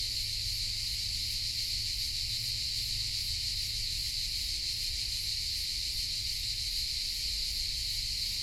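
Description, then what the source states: Crickets form a thick, shimmering high chorus that never pauses, backed by a faint low rumble. Hundreds heard in a pine grove in Collserola, in the morning, in heat over 30 °C; binaural recording.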